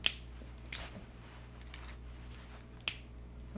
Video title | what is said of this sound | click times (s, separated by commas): Picasso Pen -- Your New Daily Writer? -- Unbox & Review | Oh oh that is a very satisfying click I'll give you that | 0.1 s, 2.9 s